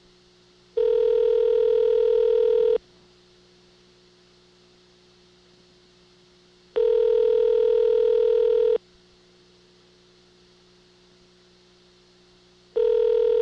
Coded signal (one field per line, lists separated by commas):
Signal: telephone call progress tone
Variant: North America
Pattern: ringback tone